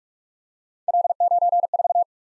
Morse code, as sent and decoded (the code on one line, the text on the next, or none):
.-.. ----. ....-
L94